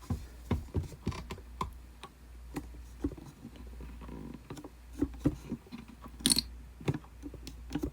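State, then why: Seated. The latch knob on the case door of a chiming tabletop mantel clock from an unknown maker is turned, giving a series of small taps and rattles over a low steady hum. A sharp click at 6.3 s marks the case door latching shut.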